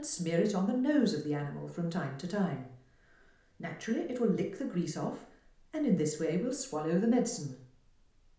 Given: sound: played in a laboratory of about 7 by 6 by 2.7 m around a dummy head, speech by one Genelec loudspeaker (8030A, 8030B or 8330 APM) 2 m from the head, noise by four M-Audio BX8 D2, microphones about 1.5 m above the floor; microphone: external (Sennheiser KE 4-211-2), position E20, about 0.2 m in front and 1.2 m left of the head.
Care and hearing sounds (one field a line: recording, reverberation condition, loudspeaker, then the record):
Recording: female speech in English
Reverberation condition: medium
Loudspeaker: 30 degrees to the left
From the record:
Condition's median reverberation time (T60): about 510 ms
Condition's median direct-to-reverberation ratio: about -0.5 dB